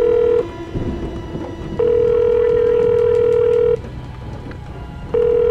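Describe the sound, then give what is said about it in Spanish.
A steady, mid-pitched ringback tone of an outgoing phone call, sounding in long even bursts of about two seconds separated by pauses, over a low rumbling background noise. “A ver si lo pilla.”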